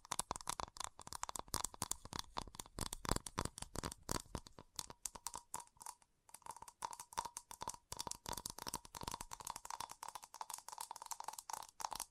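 Fast tapping runs through the whole twelve seconds: dense, crisp, irregular clicks, bright and sharp, packed closely together. The pace is steady, with a brief pause a little after six seconds. A faint, steady mid-pitched tone sits underneath.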